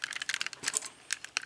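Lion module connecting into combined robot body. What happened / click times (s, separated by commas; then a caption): Toy part handled and repositioned, not yet snapped home / none. A die-cast and plastic lion module of a BANDAI Soul of Chogokin Voltron Beast King GoLion combining robot toy is repositioned and pushed toward its place in the combined robot body. A quick run of light, bright clicks and taps is heard, with sharper ticks near 0.7, 0.8, 1.1 and 1.4 seconds. Nothing has seated or snapped into place yet.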